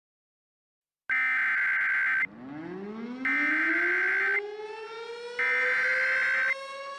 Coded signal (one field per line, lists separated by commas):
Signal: Emergency Alert System (SAME) tones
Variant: header bursts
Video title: Hot Spot Horror: An EAS Scenario